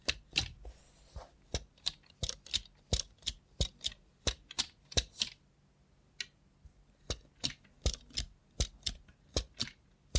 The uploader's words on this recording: Try ASMR with a Robot Hand (No Talking).